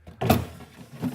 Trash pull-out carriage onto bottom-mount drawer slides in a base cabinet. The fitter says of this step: dropping it in there and pushing it till it clicks so now I've got my soft close motion